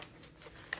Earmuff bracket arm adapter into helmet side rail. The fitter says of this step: with your index fingers you push it in and then you'll just hear a little click and then